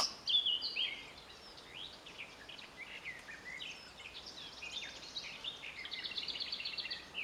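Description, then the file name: Eurasian blackcap giving a long, continuous chattering warble of quick high notes that carries on through the whole stretch, with background hiss. "Sylvia atricapilla"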